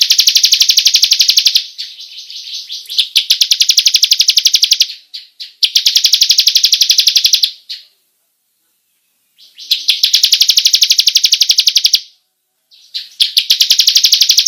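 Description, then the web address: Bar-winged prinia delivering long rattling trill phrases, each a few seconds long, separated by pauses. Long rolling song style, locally called ngerol panjang. "ciblek suara-burung-ciblek-ngerol-panjang"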